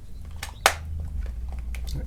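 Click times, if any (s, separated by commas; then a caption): 0.7 s. A part is pressed into place on the lower body of a vintage Canon T90 film camera during reassembly, an internal or cover part going into the base of the film SLR body. A sharp, loud click at 0.7 s shows the part seating, with a few softer ticks and handling sounds around it over a low steady hum.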